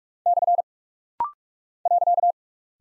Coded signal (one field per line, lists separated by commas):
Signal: Morse code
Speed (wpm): 44 wpm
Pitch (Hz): 700 Hz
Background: none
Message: / .